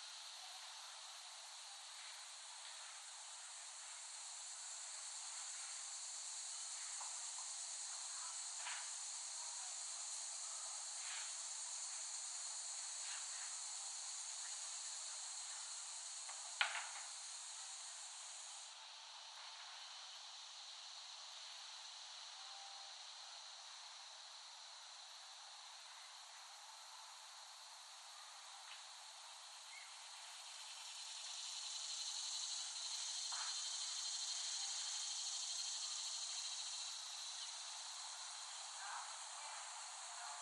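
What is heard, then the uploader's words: Cicadas make a dense, steady high hiss that swells and fades in waves, with scattered faint clicks and one sharp tick near seventeen seconds. The Cicadas of Summer. Recording of cicadas made by Dan Bodah in West Brighton, Staten Island, late summer 2008.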